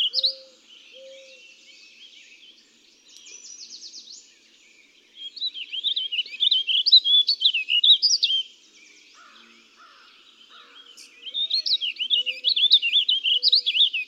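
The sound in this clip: Warbling vireo delivering rapid warbled phrases with pauses between them, plus a few low, soft whistled notes.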